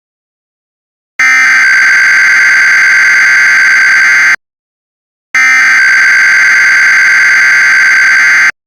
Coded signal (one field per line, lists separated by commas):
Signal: Emergency Alert System (SAME) tones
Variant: header bursts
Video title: J93.1 FM Radio EAS Practice/Demo